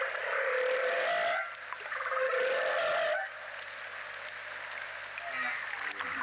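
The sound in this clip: Whale song with two long rough, moaning units carrying a wavering tonal band, followed by quieter faint calls amid constant hiss.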